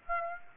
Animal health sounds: mosquito wingbeat signal from an infrared sensor; Aedes aegypti

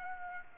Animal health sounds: mosquito wingbeat signal from an infrared sensor; Aedes aegypti

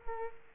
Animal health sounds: mosquito wingbeat signal from an infrared sensor; Culex quinquefasciatus

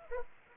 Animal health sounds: mosquito wingbeat signal from an infrared sensor; Anopheles arabiensis

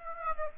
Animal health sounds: mosquito wingbeat signal from an infrared sensor; Aedes aegypti

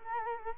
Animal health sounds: mosquito wingbeat signal from an infrared sensor; Culex quinquefasciatus

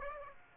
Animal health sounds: mosquito wingbeat signal from an infrared sensor; Aedes aegypti

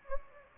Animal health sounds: mosquito wingbeat signal from an infrared sensor; Anopheles gambiae

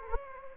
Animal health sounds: mosquito wingbeat signal from an infrared sensor; Anopheles gambiae

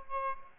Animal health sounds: mosquito wingbeat signal from an infrared sensor; Aedes albopictus

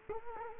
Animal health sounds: mosquito wingbeat signal from an infrared sensor; Culex quinquefasciatus

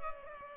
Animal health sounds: mosquito wingbeat signal from an infrared sensor; Culex pipiens

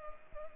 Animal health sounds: mosquito wingbeat signal from an infrared sensor; Culex pipiens

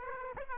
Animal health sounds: mosquito wingbeat signal from an infrared sensor; Aedes aegypti

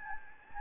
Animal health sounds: mosquito wingbeat signal from an infrared sensor; Anopheles gambiae

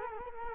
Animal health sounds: mosquito wingbeat signal from an infrared sensor; Culex quinquefasciatus

